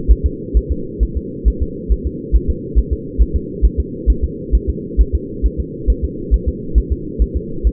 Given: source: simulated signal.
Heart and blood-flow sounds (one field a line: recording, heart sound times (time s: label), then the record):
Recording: fetal heart sounds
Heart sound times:
0.11 s: S1
0.26 s: S2
0.57 s: S1
0.72 s: S2
1.03 s: S1
1.17 s: S2
1.48 s: S1
1.62 s: S2
1.92 s: S1
2.07 s: S2
2.36 s: S1
2.50 s: S2
2.79 s: S1
2.93 s: S2
3.22 s: S1
3.36 s: S2
3.65 s: S1
3.80 s: S2
4.10 s: S1
4.24 s: S2
4.55 s: S1
4.70 s: S2
5.01 s: S1
5.15 s: S2
5.46 s: S1
5.60 s: S2
5.90 s: S1
6.05 s: S2
6.34 s: S1
6.48 s: S2
6.78 s: S1
6.92 s: S2
7.22 s: S1
7.37 s: S2
7.67 s: S1
From the record:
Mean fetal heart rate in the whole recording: 135 bpm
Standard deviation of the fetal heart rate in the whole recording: 3 bpm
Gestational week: 34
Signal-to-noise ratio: -4.3 dB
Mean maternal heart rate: 72 bpm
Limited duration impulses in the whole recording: absent